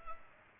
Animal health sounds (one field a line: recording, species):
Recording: mosquito wingbeat signal from an infrared sensor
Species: Culex pipiens